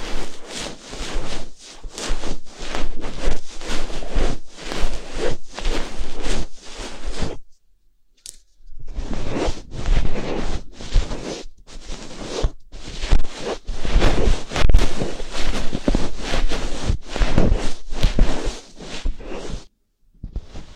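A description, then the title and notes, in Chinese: Ear cleaning with a fluffy bonbori ear pick: quick, dense scratching and rustling strokes that follow one another rapidly, crisp and bright. The brushing stops briefly around seven and a half seconds and again near twenty, then resumes at the same busy pace. 梵天掏耳。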